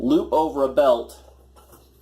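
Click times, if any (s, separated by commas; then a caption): none. Someone talks while an elastic strap on a foam armor piece for a Batman Arkham Origins leg and cod piece costume is looped over a belt, to be fastened with a plastic clip onto its mating clip on the belt strap. After the speech, only faint, quiet handling sounds follow, and the clip has not yet locked into place; nothing has seated or clicked yet.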